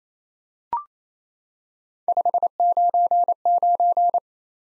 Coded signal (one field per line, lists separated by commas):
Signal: Morse code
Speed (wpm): 28 wpm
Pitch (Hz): 700 Hz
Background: none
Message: 599